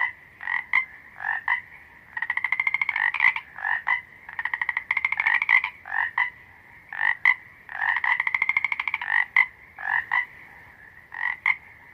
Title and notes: Croaking Frogs. the steady croaking of a frog chorus